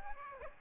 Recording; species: mosquito wingbeat signal from an infrared sensor; Aedes aegypti